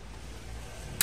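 A click-type torque wrench set to 30 ft-lb makes its final tightening step on a steel engine bolt of a Honda Civic SiR B16A engine block assembly during an ARIAS piston install. A low, steady background rumble runs until a single sharp, loud click at 1.0 s, marking the wrench reaching its 30 ft-lb setting.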